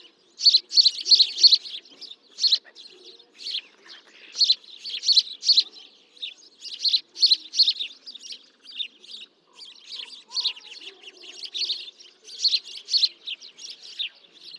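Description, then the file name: House sparrows chirping busily, about three chirps a second in irregular bursts and clusters, with a soft low hum in the background. "Passer domesticus"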